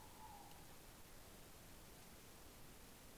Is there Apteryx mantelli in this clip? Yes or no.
no